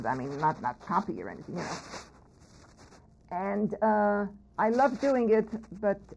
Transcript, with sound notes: I mean not — not copy or anything, you know. [crackling noise again] And I loved doing it, but